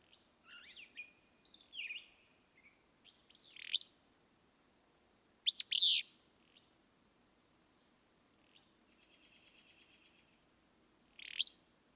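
Willow flycatcher singing several burry, sneezy phrases among rapid slurred notes, with one loud phrase in the middle, a brief soft buzzy trill, then another phrase.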